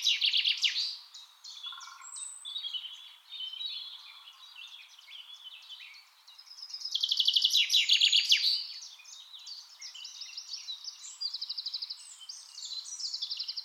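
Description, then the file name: Common chaffinch song: loud rattling trills at the start and again midway, among other chirps and trills throughout. "Fringilla coelebs"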